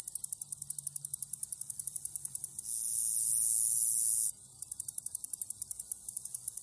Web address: The Songs of Insects. Common Meadow Katydid